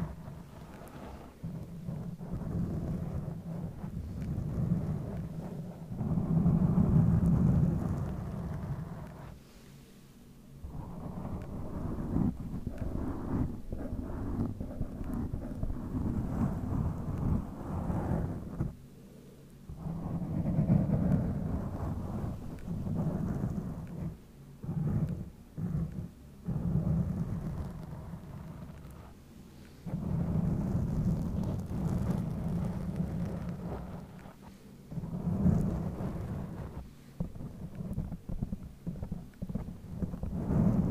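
Scratching and rubbing on a microphone, with no talking, comes in dense rumbling bursts of several seconds each, separated by short quiet gaps near 10, 19, 25 and 30 seconds. The sound is heavy and low, with a rough, thunder-like roar and a crackly upper edge.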